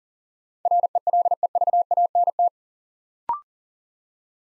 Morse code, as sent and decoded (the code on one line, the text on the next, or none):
.-. . .-.. . ...- .- -. -
RELEVANT